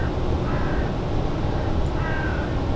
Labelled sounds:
Song Thrush

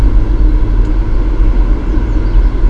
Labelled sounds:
Eurasian Blue Tit

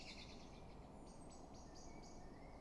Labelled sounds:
Common Blackbird

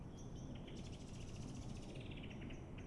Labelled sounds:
Common Blackbird

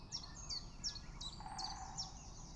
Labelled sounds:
Common Chiffchaff

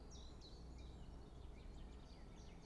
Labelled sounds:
Common Chiffchaff

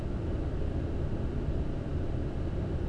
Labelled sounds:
none

